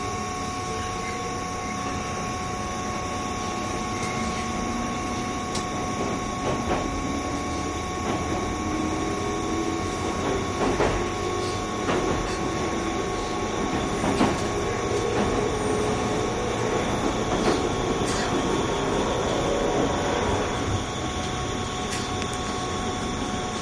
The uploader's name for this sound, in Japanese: JR201系 桃谷〜桃谷